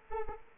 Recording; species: mosquito wingbeat signal from an infrared sensor; Anopheles arabiensis